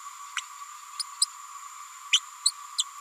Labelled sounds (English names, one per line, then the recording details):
Green-rumped Parrotlet babbling
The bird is a female
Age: 30 days
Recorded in a nest box in Venezuela
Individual 17B102A6